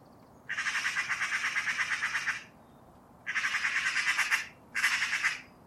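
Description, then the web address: Bird calling with buzzy, rapidly pulsed chatter in three bursts: a long first burst, a shorter second and a brief final one. "cianscape birddata Deverinetal"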